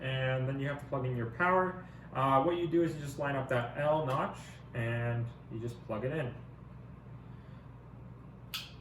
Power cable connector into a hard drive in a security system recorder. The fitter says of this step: now what's nice you heard that click it's in